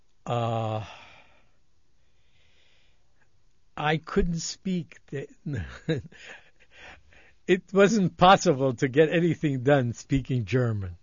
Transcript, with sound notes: ah, I couldn't speak the, (laughing) it was impossible to get anything done speaking German.